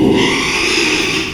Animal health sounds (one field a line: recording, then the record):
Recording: squeal of a Yucatan mini pig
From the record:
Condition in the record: after surgery on the right vocal fold (resection and tissue-engineered implant)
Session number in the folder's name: 1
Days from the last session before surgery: 6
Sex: male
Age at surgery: 12 weeks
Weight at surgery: 13 kg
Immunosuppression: cyclosporine, prednisolone